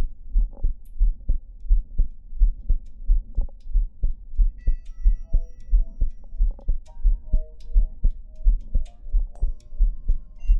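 Adult heart by stethoscope at Botkin's point, patient lying: mitral valve prolapse with a crescendo systolic murmur that quickly disappears. Then, on inspiration, multiple dry sounds unrelated to the cardiac cycle, probably extracardiac. Prolapse confirmed on repeat echocardiography.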